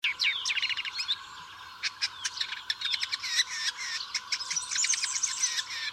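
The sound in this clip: Bird calls in quick succession: sharp high chirps and descending whistled notes, several birds overlapping in a steady, lively chorus.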